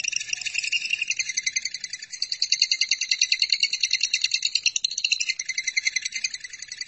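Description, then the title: Lovebird chattering song, a dense, rapid, high-pitched twittering with buzzy pulses that runs unbroken through the whole stretch. "BM Suara Burung Lovebird"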